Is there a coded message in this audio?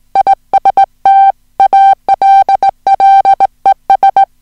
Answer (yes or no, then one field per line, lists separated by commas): yes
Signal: Morse code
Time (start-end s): 0.2-4.2 s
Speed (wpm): 17 wpm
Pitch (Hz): 780 Hz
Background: music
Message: IST ALLES